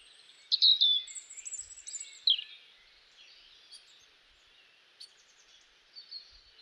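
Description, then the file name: European robin song: a brief bright warble with a thin, high drawn-out whistle, then scattered faint notes over a soft hiss of background noise. "Erithacus rubecula"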